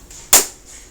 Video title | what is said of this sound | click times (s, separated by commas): Samsung TV Edge-Light or Backlight Replacement. TV That Has Partial Darkness. White Spots on Image. | okay so you see you hear the click | 0.3 s